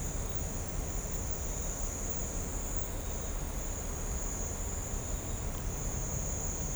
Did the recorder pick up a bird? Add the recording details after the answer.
no. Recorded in shrubland near Pivijay, Magdalena, Colombia, on 4 June 2023 at 18:00. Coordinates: 10.453, -74.365. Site P5-G022